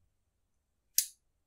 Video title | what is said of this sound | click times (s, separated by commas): Light Lens Lab replica (V1LC) of Leica 35mm Summicron v1 8-element - Unboxing & Build Quality Review | and it clicks into place | 1.0 s